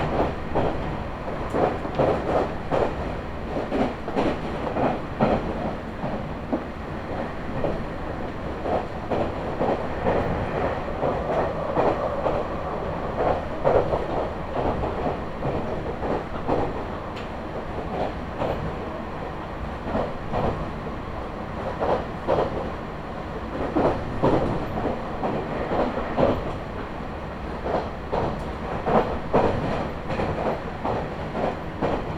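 A ride aboard a moving commuter train, recorded from inside the carriage. A steady, dense rumble fills all 32 seconds, with a mid-pitched whine swelling around the middle and again near the end, while frequent rattles and wheel clacks tick along at an irregular pace.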